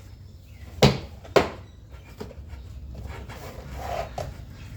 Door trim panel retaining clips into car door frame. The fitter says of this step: Once it’s seated, press the panel firmly against the door frame. You’ll hear the clips snapping back in